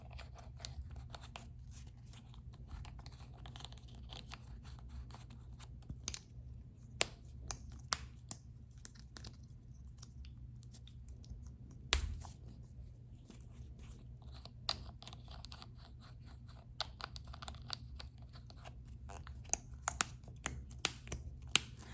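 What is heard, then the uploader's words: Lid sounds: a low, steady hum runs throughout beneath a scatter of sharp, bright clicks and small knocks. The clicks come irregularly, clustering around the middle and toward the end, with a few louder snaps near twelve seconds and twenty-one seconds. ASMR Lid Sounds.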